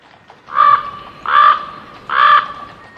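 Common Raven calls: three harsh, nasal croaks spaced less than a second apart, each short and hoarse, over a low background hiss.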